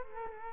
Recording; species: mosquito wingbeat signal from an infrared sensor; Culex quinquefasciatus